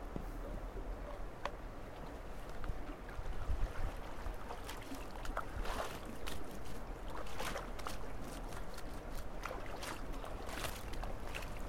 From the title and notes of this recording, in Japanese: 今日もいつもの湧水洗い場で、収穫した人参を洗っています。日差しは春めいてきましたが、空気はまだ冷たい(昼間7度、最低−6度)。静かで穏やかな日。湧水で人参洗い。